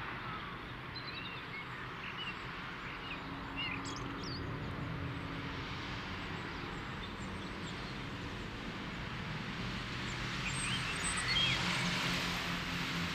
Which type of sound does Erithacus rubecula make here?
song